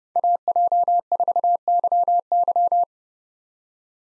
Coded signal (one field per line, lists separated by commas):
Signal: Morse code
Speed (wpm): 30 wpm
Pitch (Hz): 700 Hz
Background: none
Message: AJ4YY